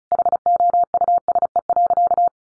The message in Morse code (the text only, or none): HOUSE.